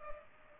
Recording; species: mosquito wingbeat signal from an infrared sensor; Culex pipiens